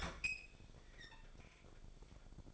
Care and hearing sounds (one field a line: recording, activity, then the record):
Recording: daily activity, microphone in the room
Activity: open fridge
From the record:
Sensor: 5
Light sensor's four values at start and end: 20/46/18/16 and 21/49/19/18